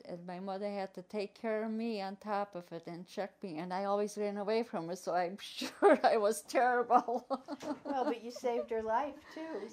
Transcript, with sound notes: And my mother had to take care of me on top of it and check me. And I always ran away from her it so I'm sure I was terrible. (laughs)
Well, but you saved her life too.